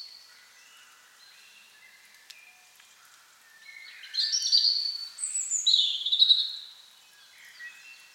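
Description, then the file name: European robin song: a soft, low-key warble that swells into a loud run of high, liquid trills and whistles before fading. "Erithacus rubecula"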